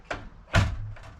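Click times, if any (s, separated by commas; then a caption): 0.5 s. The upper half of the two-piece entry door on a 2026 Coleman 13R camper trailer is brought down onto the lower half and latched. A light knock at 0.1 s is followed by a sharper, louder latch click at 0.6 s with a low thump and short rattle, then a faint tap near 1.0 s. The door halves click into place and stay latched.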